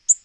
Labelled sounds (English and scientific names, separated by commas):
Black-throated Green Warbler (Setophaga virens) flight call